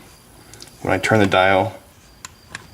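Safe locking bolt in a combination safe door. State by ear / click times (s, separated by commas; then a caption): released / 2.2 s, 2.5 s. Someone talks while turning the combination dial on a combination safe door. The retracted metal locking bolt then springs back out, with sharp clicks at 2.3 s and 2.6 s as the bolt is released.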